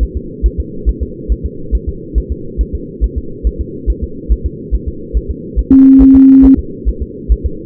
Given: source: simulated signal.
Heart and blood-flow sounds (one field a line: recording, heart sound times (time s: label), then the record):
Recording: fetal heart sounds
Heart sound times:
0.03 s: S1
0.17 s: S2
0.46 s: S1
0.60 s: S2
0.89 s: S1
1.03 s: S2
1.32 s: S1
1.46 s: S2
1.75 s: S1
1.89 s: S2
2.18 s: S1
2.32 s: S2
2.61 s: S1
2.75 s: S2
3.04 s: S1
3.18 s: S2
3.47 s: S1
3.61 s: S2
3.90 s: S1
4.04 s: S2
4.32 s: S1
4.46 s: S2
4.74 s: S1
4.88 s: S2
5.17 s: S1
5.31 s: S2
5.59 s: S1
5.73 s: S2
6.02 s: S1
6.16 s: S2
6.45 s: S1
6.59 s: S2
6.89 s: S1
7.02 s: S2
7.32 s: S1
7.46 s: S2
From the record:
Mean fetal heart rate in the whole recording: 140 bpm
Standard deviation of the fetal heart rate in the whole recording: 2 bpm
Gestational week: 34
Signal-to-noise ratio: -4.3 dB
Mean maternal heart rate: 72 bpm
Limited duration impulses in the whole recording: present